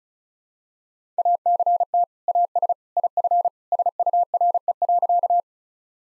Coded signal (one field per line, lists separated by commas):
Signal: Morse code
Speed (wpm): 36 wpm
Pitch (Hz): 700 Hz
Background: none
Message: ACT AS IF SURE.